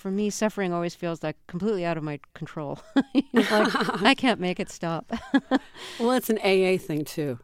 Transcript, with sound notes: For me, suffering always feels, like, completely out of my control.
(LAUGHTER)
You know, I can't make it stop.
Well, it's an AA thing, too.